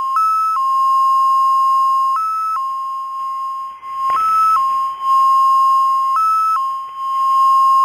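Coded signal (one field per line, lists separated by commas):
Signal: numbers station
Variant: XPA2 (MFSK)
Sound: a steady electronic tone that hops slowly between two or three nearby pitches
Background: radio static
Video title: XPA2 - 2120z 27 July 2014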